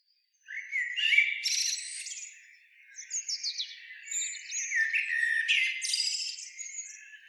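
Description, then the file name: Eurasian blackbird song beginning after half a second of silence: a scratchy twittering phrase, brief pause, then repeated twittering bursts. "Turdus merula"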